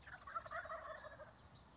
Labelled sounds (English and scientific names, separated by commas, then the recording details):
Wild Turkey (Meleagris gallopavo)
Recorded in Sonoma County, California